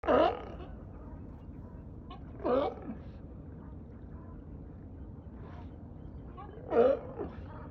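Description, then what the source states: Sea lion barks, three short hoarse honking barks spaced a few seconds apart over a constant low rumble of water or wind. A pair of sea lions out in a bay, frolicking and barking.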